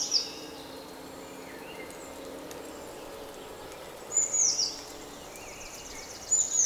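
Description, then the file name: Eurasian blue tit calls: short, very high, thin downslurred notes, one at the start and two clusters near the end, with a quiet spell between. "Cyanistes caeruleus"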